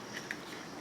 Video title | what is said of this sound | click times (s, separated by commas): Karambit quick draw sheath | secondary lock right there and it's not going anywhere so | 0.3 s